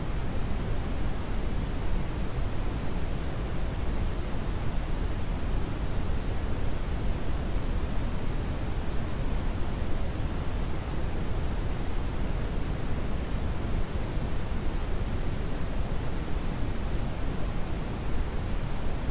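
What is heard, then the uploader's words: Brown noise plays as a steady, dense rush, heaviest in the low end with a deep rumbling quality and a soft, muted top. Its level stays constant for the whole stretch, with no breaks, events or other sounds. Brown Noise.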